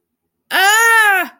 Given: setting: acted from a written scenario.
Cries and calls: vocal sound without words; distress

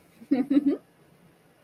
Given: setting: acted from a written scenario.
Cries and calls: vocal sound without words; pride

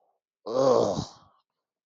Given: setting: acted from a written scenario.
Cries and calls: vocal sound without words; disgust

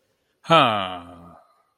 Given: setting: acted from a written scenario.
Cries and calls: vocal sound without words; contentment

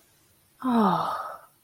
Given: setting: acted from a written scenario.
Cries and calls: vocal sound without words; ecstasy

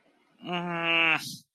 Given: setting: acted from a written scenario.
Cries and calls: vocal sound without words; disappointment

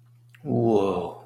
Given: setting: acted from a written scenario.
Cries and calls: vocal sound without words; awe

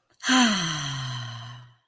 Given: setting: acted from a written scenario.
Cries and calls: vocal sound without words; serenity

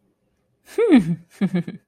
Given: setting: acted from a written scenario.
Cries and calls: vocal sound without words; amusement

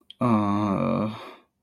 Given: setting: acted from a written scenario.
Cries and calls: vocal sound without words; shame

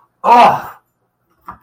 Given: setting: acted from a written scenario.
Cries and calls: vocal sound without words; pain

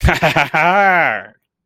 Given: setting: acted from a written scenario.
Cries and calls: vocal sound without words; triumph

